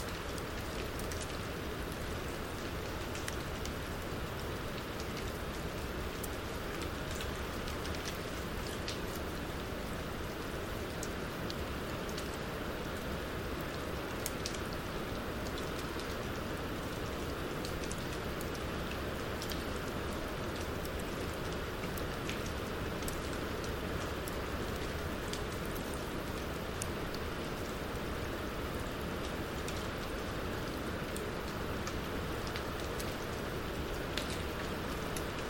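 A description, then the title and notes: A waterfall rushes without pause, a dense, even roar that fills the lows and mids and never swells or fades across the clip. Faint brighter ticks and splashes flicker through the top like scattered drops, while the steady wash stays constant. Winter Waterfall | White Noise Waterfall Nature Ambience. Deep in the forest, a waterfall rushes endlessly on a calming winter night.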